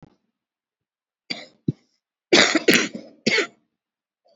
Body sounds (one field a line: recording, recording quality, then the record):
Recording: heavy voluntary cough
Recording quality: excellent, no background noise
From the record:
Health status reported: COVID-19 positive, mild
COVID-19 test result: positive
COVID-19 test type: RT-PCR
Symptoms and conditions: cold, fever, muscle pain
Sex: female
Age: 34 years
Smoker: no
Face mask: worn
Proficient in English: no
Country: India